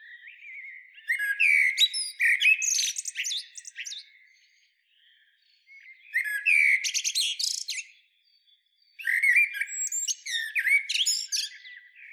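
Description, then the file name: Eurasian blackbird song in three separate phrases of rich warbled whistles mixed with high, scratchy twittering, with quiet gaps of one to two seconds between them. "Turdus merula"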